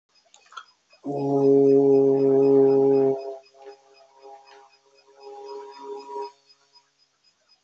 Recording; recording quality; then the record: sustained vowel as in boot; excellent, no background noise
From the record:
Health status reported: healthy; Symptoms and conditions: none ticked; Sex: male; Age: 27 years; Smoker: not ticked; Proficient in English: yes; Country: India